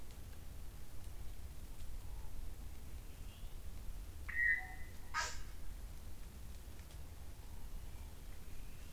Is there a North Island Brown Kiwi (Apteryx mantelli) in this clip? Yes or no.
no